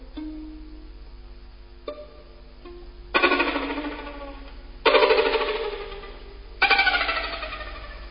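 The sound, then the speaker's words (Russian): A telephone rings in the middle of the night in three loud, bright bursts, each fading out before the next, preceded by a couple of softer tonal chimes. No one speaks. “Среди ночи меня разбудил телефонный звонок.”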